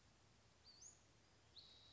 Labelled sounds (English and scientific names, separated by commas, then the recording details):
Western Flycatcher (Empidonax difficilis)
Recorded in Sonoma County, California